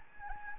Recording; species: mosquito wingbeat signal from an infrared sensor; Anopheles gambiae